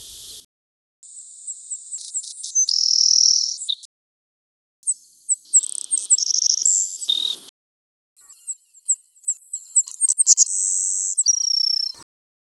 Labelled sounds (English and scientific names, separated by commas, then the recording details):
Savannah Sparrow (Passerculus sandwichensis) song
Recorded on Kent Island, New Brunswick, in 1994